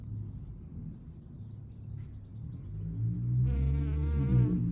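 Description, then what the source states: Honey bee wing buzz, a brief wavering hum arriving in the last second and a half, over a constant low rumble. Single honey bee persistently trying to drink nectar from a yellow bag zip, turning upside down and pushing its proboscis under the zip slider.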